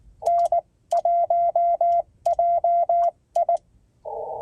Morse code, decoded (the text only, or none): N1JI